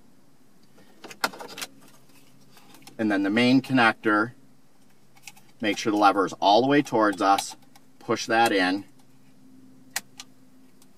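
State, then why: Seated. During a SYNC 2 to SYNC 3 upgrade on a 2013–2015 Ford Taurus, the main wiring harness connector is pushed onto the new SYNC 3 screen module with its lever set all the way forward, while someone talks. The locking lever is then pushed over and gives a sharp click at 10.0 s, locking the connector into the module.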